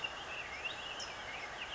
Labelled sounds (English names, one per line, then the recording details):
California Towhee
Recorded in Sonoma County, California